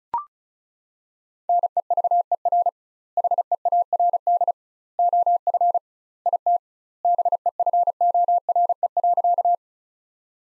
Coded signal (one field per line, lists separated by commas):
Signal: Morse code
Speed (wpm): 34 wpm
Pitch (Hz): 700 Hz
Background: none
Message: NEVER HEARD OF IT BEFORE.